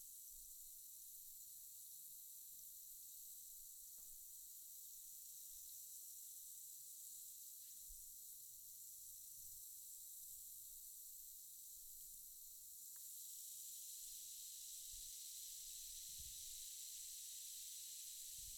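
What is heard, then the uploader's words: An effervescent tablet fizzes in water with a steady, dense, bright hiss that holds for the whole clip and grows slightly louder after about thirteen seconds. A few faint ticks break through around four, eight and thirteen seconds, with soft low bumps near the end. 發泡錠｜Effervescent Tablet.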